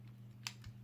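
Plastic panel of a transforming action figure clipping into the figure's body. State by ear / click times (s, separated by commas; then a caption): not seated / none. A plastic panel of a Transformers Power of the Primes Razorclaw figure (Predaking) is handled and folded back together during the transformation back to robot mode. Over a steady low hum, faint plastic ticks sound at about 0.1 s and 0.6 s, with a sharper tick at 0.5 s. Nothing has seated or clicked into place yet.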